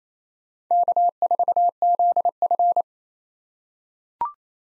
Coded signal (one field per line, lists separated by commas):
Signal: Morse code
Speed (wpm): 27 wpm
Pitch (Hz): 700 Hz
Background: none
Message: K4ZF